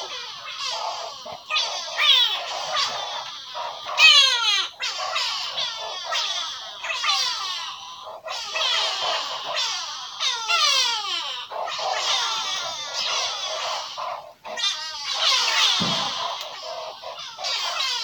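Bushveld near Skuinsdrift in South Africa's North West province, filled with dense, overlapping bird chatter. Bright chirps and quick rising and falling whistles come in busy bursts every second or two, with brief gaps. A single low thump sounds near sixteen seconds.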